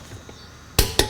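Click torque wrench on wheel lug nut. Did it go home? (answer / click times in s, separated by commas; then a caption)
yes / 0.8 s, 1.0 s. A click-type torque wrench tightens a wheel lug nut to 100 ft-lb on a Dodge Journey during a brake job. After a quiet, low background, two sharp metallic clicks ring out at 0.8 s and 1.0 s. The wrench has clicked at its setting, confirming the nut is torqued.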